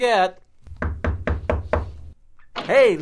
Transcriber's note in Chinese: Knocking on the door. Door opens